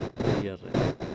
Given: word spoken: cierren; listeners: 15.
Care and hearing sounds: one Spanish word in noise, from a listening test; noise modulated by one talker; -10.7 dB; 0 of 15; 6 of 15; 0.75 s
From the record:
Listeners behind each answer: 6, 5, 1, 1, 1, 1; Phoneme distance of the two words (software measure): 7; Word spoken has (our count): 2 syllables, 6 phonemes, stress on syllable 1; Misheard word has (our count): 2 syllables, 5 phonemes, stress on syllable 1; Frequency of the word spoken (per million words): 1.22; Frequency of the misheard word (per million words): 41.76

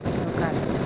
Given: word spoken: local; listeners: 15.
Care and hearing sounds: one Spanish word in noise, from a listening test; noise modulated by three-talker babble; -5.3 dB; 1 of 15; 10 of 15; 0.46 s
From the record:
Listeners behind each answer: 10, 1, 1, 1, 1, 1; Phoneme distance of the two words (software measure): 20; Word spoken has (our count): 2 syllables, 5 phonemes, stress on syllable 2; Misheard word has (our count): 2 syllables, 5 phonemes, stress on syllable 2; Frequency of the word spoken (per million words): 108.85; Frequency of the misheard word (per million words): 31.30

